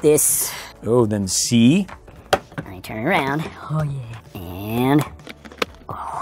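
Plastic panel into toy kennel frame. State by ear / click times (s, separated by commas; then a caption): seated / 5.6 s, 5.9 s. A plastic panel is pushed into place on a toy kennel frame while someone talks. Sharp snaps at 5.6 s and 5.9 s mark the panel snapping in on all sides, and it is seated.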